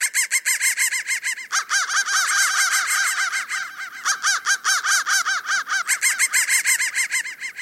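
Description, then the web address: Crows calling in a busy flock, rough arched caws tumbling over each other almost continuously. "soundfactory crow"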